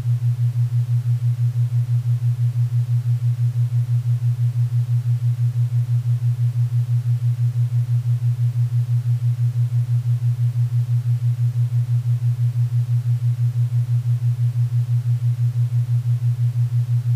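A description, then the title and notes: A theta-wave track: a steady, low humming tone that throbs at a fast, even rate of roughly five or six beats per second, unchanging from start to finish. A faint, soft hiss of pink noise sits beneath the tone throughout. 4-8 HZ - Theta Waves - Pink Noise.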